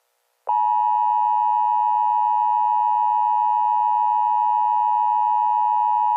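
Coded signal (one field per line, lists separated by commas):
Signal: Emergency Alert System (SAME) tones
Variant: 853 and 960 Hz attention tone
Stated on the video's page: This is a fictional Easter EAS scenario whose SAME tones are stated to be valid.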